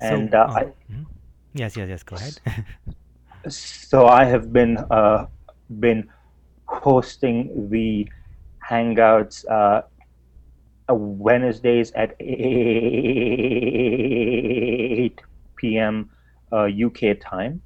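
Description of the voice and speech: Adult male speech with a quickly repeated word, long held vowels and pauses, typical of stuttering.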